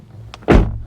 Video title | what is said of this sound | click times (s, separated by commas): Rediscovering the Classic: A Deep Dive into the Porsche Boxster 986! | So, but as you already hear the clunk of the door, it's really solid. You hear it. | 0.3 s